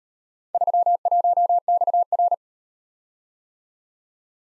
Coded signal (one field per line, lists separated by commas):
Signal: Morse code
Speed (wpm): 38 wpm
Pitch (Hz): 700 Hz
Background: none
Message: 31XR